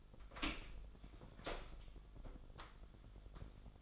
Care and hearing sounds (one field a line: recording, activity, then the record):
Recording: daily activity, microphone in the room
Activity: open door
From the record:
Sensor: 5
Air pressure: 1007.2 hPa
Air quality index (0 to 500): 171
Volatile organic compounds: 4 ppm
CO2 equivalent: 1636 ppm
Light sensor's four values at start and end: 55/156/61/61 and 55/157/61/61